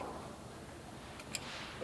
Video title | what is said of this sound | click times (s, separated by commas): Pyramyd Air is a Cool Place | That's pierced. | 1.3 s